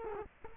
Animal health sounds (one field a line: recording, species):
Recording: mosquito wingbeat signal from an infrared sensor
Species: Culex quinquefasciatus